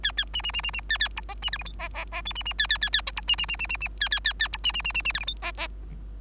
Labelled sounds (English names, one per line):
Bengalese Finch song